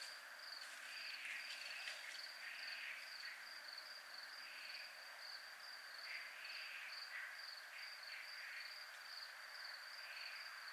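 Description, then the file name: Cricket song, an unbroken high pulsed trill, overlaid by soft rushing, puffing bursts that come and go across the recording. Recorded in a military zone. "zona militar crickets"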